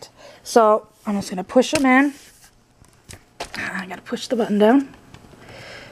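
Someone talks while handling a Baby Jogger City Select universal car seat adapter, pushing its ends into the stroller frame mounts and getting ready to push the button down. Brief handling taps and knocks are heard at about 2.9, 3.1, 3.5 and 5.1 seconds between the talking. The adapter has not yet locked into the mount and nothing has clicked.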